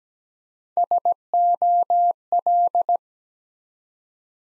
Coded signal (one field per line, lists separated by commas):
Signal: Morse code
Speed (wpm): 17 wpm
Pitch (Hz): 700 Hz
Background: none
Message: SOL